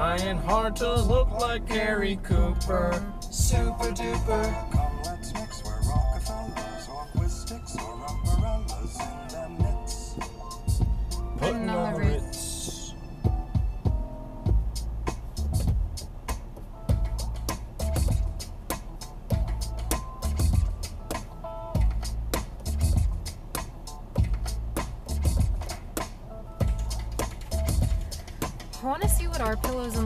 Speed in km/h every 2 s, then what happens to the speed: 24, 16, 8, 3, 0, 0, 0, 0, 0, 0, 0, 0, 0, 0, 0.
0-7 slows to 0. 7-30 standing.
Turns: none.